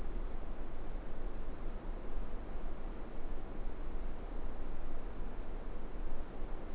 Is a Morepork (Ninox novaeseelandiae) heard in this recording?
no